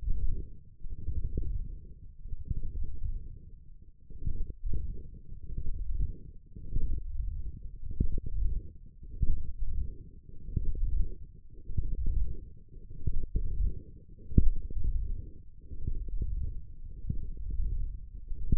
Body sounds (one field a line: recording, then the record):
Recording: forearm muscle sounds (acoustic myography)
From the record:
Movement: wrist flexion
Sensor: system 1, eight BSWA MPA416 microphones around the upper forearm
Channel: 7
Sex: male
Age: 23 years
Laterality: right